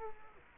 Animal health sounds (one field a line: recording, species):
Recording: mosquito wingbeat signal from an infrared sensor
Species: Culex quinquefasciatus